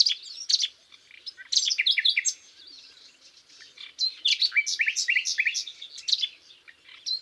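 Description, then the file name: Common nightingale song: rich bursts of varied whistles, chirps and rapid trills, separated by pauses. "Luscinia megarhynchos"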